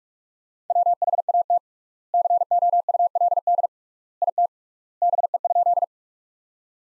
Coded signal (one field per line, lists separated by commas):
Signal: Morse code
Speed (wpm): 44 wpm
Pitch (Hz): 700 Hz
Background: none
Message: WHAT COULD IT BE?